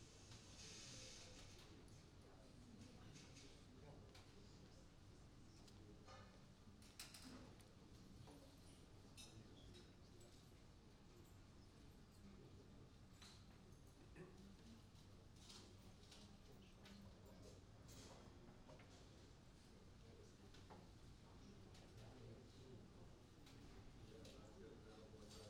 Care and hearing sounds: everyday scene through a hearing-aid microphone; many people talking; many voices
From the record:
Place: university cafeteria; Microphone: in the ear canal, right

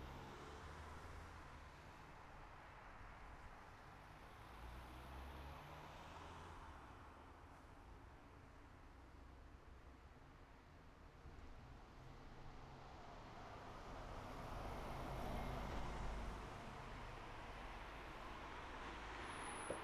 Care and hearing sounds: everyday scene through a hearing-aid microphone; in traffic; traffic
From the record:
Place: city secondary road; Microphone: behind the ear, right, front

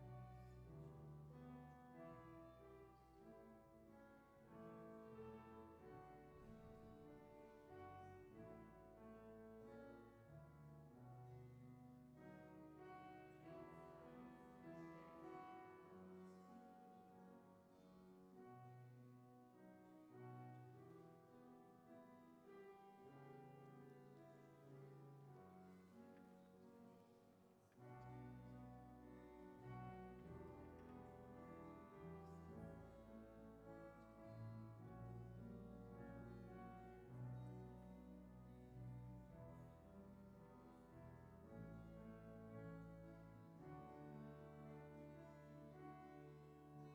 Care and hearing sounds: everyday scene through a hearing-aid microphone; reverberant space; music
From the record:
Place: church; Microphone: behind the ear, left, front

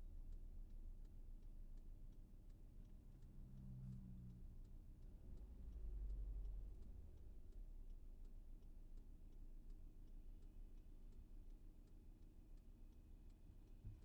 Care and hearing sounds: everyday scene through a hearing-aid microphone; in a vehicle; engine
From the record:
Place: VW T5 Caravelle, diesel engine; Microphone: behind the ear, left, rear

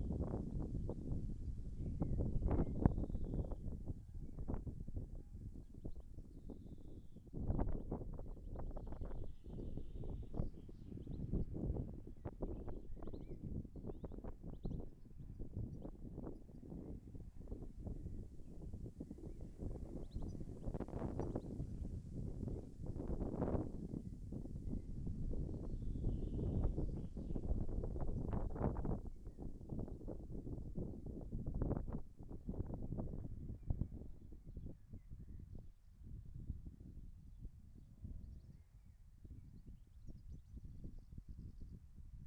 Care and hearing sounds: everyday scene through a hearing-aid microphone; wind on the microphone; wind, birds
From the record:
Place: in front of a rural house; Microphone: behind the ear, left, front

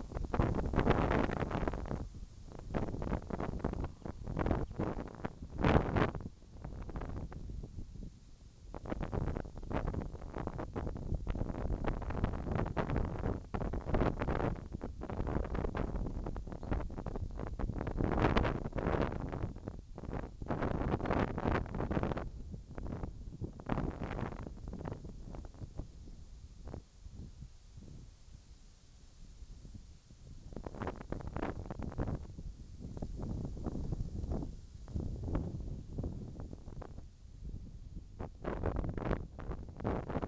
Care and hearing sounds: everyday scene through a hearing-aid microphone; wind on the microphone; wind, whistling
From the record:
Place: in front of a rural house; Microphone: in the ear canal, left

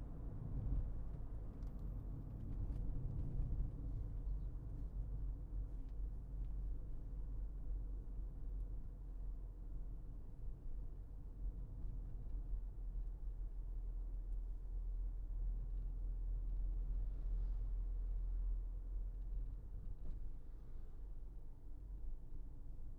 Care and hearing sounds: everyday scene through a hearing-aid microphone; in a vehicle; engine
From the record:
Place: Berlingo II, diesel engine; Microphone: behind the ear, left, rear

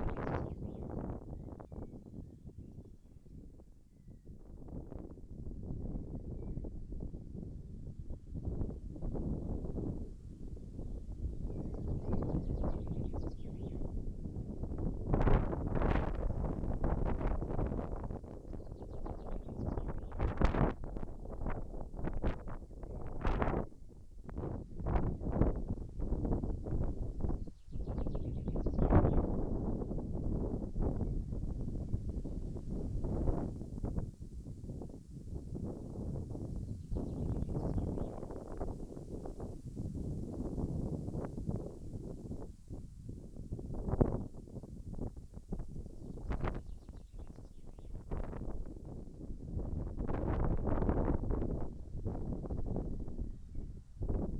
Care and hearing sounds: everyday scene through a hearing-aid microphone; wind on the microphone; wind, birds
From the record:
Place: in front of a rural house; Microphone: behind the ear, left, front

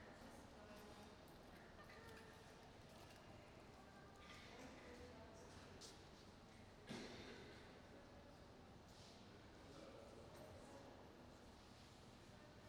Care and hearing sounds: everyday scene through a hearing-aid microphone; reverberant space; background noise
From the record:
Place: railway station hall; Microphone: in the ear canal, right

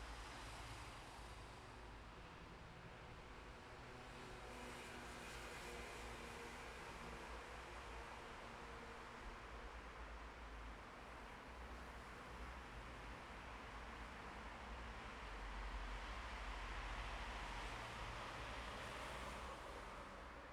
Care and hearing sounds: everyday scene through a hearing-aid microphone; in traffic; traffic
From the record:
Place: bus stop on a city main road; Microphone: behind the ear, left, rear

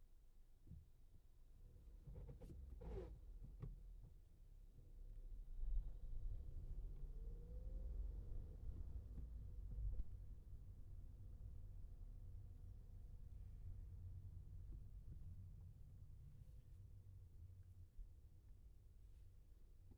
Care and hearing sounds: everyday scene through a hearing-aid microphone; in a vehicle; engine, traffic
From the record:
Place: Skoda Fabia, gasoline engine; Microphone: behind the ear, left, front

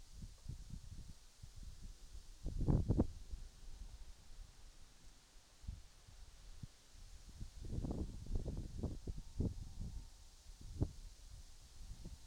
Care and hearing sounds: everyday scene through a hearing-aid microphone; wind on the microphone; wind, whistling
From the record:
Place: in front of a rural house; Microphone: in the ear canal, right

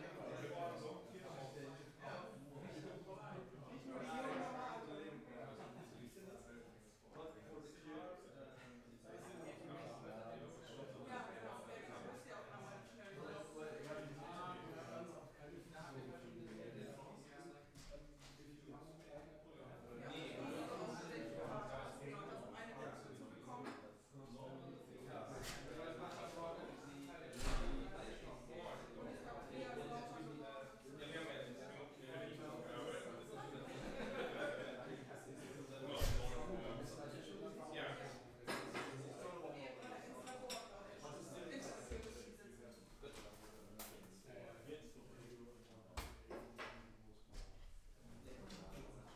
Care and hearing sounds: everyday scene through a hearing-aid microphone; many people talking; many voices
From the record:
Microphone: behind the ear, left, front

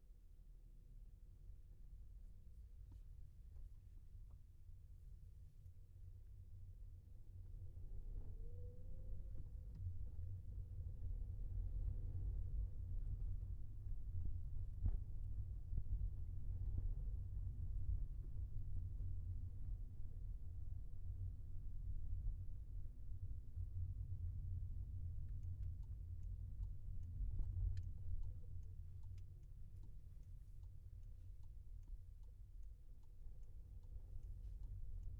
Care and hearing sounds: everyday scene through a hearing-aid microphone; in a vehicle; engine, rumble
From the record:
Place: Skoda Fabia, gasoline engine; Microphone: behind the ear, left, rear

